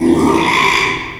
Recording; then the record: squeal of a Yucatan mini pig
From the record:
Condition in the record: after surgery on the right vocal fold (resection and tissue-engineered implant); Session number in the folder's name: 1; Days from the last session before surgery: 6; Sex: male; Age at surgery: 12 weeks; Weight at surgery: 13 kg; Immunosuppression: cyclosporine, prednisolone